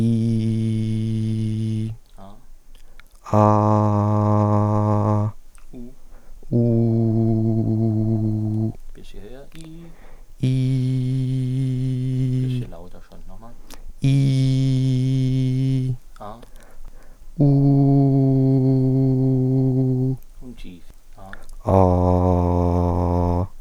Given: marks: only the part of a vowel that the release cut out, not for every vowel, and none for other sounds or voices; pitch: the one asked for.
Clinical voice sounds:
sustained vowels; male; 20 to 29 years; 0; 0; 0
0.00-1.79 s: vowel /i/, normal pitch
3.41-5.17 s: vowel /a/, normal pitch
6.61-8.58 s: vowel /u/, normal pitch
14.12-15.80 s: vowel /i/, high pitch
17.48-19.30 s: vowel /u/, high pitch
21.78-23.34 s: vowel /a/, low pitch
From the record:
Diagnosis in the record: healthy voice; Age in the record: 25 years

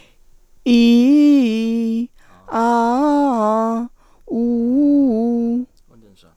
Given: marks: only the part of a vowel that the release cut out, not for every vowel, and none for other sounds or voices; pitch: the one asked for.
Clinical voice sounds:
sustained vowels; female; 50 to 59 years; 2; 1; 2
0.80-1.82 s: vowel /i/, low-high-low pitch
2.62-3.70 s: vowel /a/, low-high-low pitch
4.42-5.48 s: vowel /u/, low-high-low pitch
From the record:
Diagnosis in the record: hyperfunctional dysphonia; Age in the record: 50 years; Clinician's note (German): Ponogen

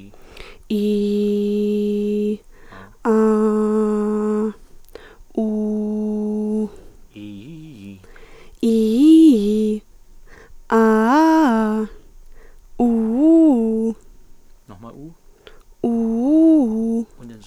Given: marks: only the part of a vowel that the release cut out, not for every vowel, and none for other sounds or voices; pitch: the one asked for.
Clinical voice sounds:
sustained vowels; female; 20 to 29 years; 0; 0; 0
0.78-2.25 s: vowel /i/, low pitch
3.13-4.41 s: vowel /a/, low pitch
5.44-6.57 s: vowel /u/, low pitch
8.65-9.35 s: vowel /i/, low-high-low pitch
10.76-11.79 s: vowel /a/, low-high-low pitch
15.90-16.92 s: vowel /u/, low-high-low pitch
From the record:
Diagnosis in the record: healthy voice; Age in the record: 20 years

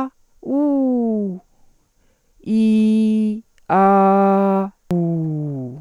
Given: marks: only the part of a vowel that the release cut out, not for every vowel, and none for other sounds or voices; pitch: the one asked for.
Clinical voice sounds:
sustained vowels; female; 40 to 49 years; 0; 0; 0
0.54-1.28 s: vowel /u/, high pitch
2.53-3.30 s: vowel /i/, low pitch
3.75-4.60 s: vowel /a/, low pitch
4.93-5.65 s: vowel /u/, low pitch
From the record:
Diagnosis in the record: recurrent laryngeal nerve paralysis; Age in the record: 46 years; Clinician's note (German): Links, kompensiert

